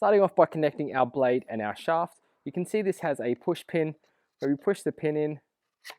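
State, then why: Not seated. Someone talks while handling the blade piece and shaft of a three-piece inflatable SUP paddle, pressing in the blade's spring push pin before joining them. Nothing has seated or clicked into place yet.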